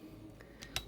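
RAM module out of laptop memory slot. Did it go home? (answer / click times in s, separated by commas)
released / 0.8 s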